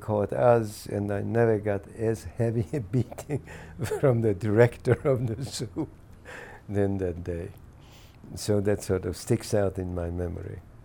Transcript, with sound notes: they caught us, and I never got as heavy a beating from the director of the zoo [laughs] than that day. So that sort of sticks out in my memory.